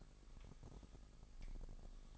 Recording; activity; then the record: daily activity, microphone in the room; take from stove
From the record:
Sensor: 5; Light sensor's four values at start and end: 30/67/28/27 and 32/72/29/28